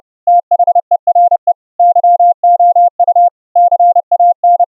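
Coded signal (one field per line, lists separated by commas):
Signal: Morse code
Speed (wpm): 30 wpm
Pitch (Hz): 700 Hz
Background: none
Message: THERE YOU CAN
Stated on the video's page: Morse audio tones sent over the internet via a webRTC website, heard unfiltered and with CW regeneration filtering.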